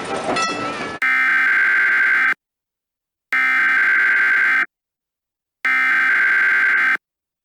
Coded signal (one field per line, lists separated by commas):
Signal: Emergency Alert System (SAME) tones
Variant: header bursts